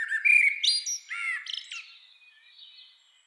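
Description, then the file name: Common blackbird song phrase: rich warbled notes at the start that fade into a thin, trailing, high-pitched squeak. "Turdus merula"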